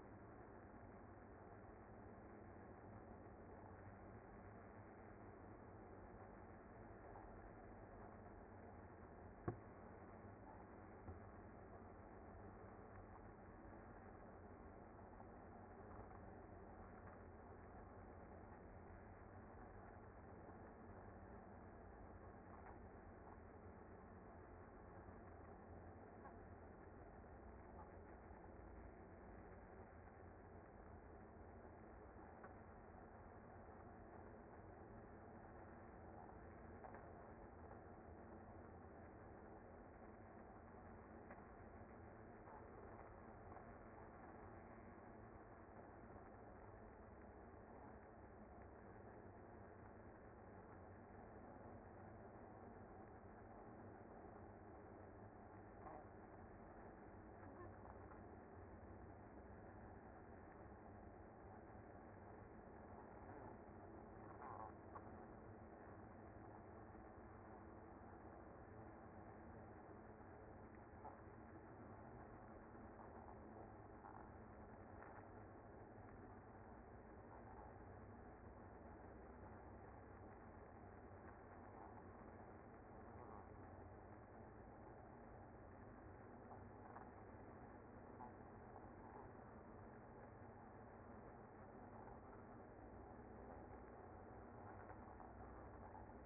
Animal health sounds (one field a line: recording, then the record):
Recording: honeybee colony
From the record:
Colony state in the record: active